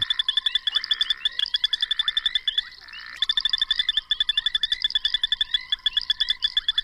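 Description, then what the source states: Trilling sand frog calling: rapid pulsed trills of bright high notes, with a short pause near three seconds. Males call to signal to females; they call in synchrony in groups and fall silent together, making it harder for predators such as snakes to home in on one caller.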